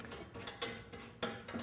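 The swing-away blade guard and its dust hose are handled on a panel saw as the blade guard locking knob is brought to the saw guard mount, with a few light metallic knocks and rattles, the sharpest near 0.6 s and 1.2 s. The knob has not yet snapped into place and nothing has seated or clicked.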